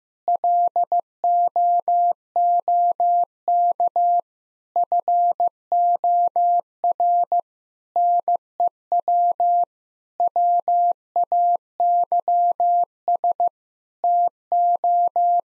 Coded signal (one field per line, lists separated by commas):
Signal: Morse code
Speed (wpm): 15 wpm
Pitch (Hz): 700 Hz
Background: none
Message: LOOK FOR NEW WAYS TO